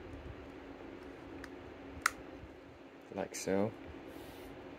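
A wireless mic receiver is pushed onto a 3D-printed plastic quick-release mount, and a notch engages a small spring-loaded pin in the middle. A faint tick at 1.4 s is followed by a sharp click at 2.1 s as it seats quickly and easily. Someone then talks briefly over a steady low hum.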